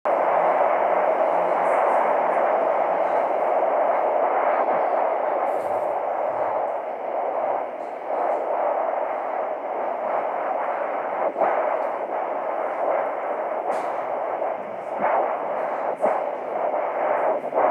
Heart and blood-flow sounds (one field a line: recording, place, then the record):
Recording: Doppler ultrasound of blood flow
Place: carotid artery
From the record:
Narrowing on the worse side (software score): moderate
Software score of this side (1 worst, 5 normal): 3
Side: right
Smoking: never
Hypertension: controlled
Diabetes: no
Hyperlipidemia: no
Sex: female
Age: 19 years